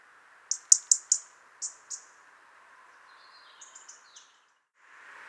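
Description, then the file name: European robin giving a series of six sharp, clicking ticks in quick succession, followed by a few thin, high, faint notes, over a steady background hiss. "Erithacus rubecula"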